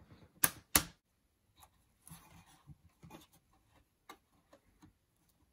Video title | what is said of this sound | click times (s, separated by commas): Dell Optiplex 7010/9010 USFF RAM replacement | so i'm just going to push down like this and hopefully hear two clicks there | 0.4 s, 0.8 s